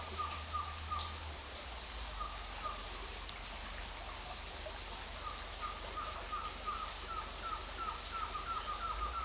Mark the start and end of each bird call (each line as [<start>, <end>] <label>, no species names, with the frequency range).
[0.00, 1.13] bird call (0.8-1.8 kHz)
[2.21, 2.80] bird call (0.9-1.9 kHz)
[5.22, 9.25] bird call (0.8-1.8 kHz)